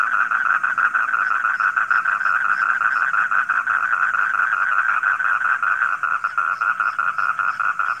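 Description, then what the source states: Frog chorus, a continuous rapid pulsing trill that stays level throughout. Frogs calling at night.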